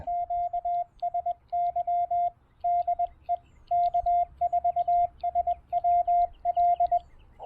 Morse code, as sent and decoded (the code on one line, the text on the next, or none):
--.- ... -.-- / -.. . / -.- ....- ... .-- .-..
QSY DE K4SWL